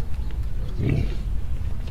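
Giraffe grunt: one short, low, breathy grunt near the middle, set against steady low rumbling noise.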